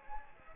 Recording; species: mosquito wingbeat signal from an infrared sensor; Anopheles gambiae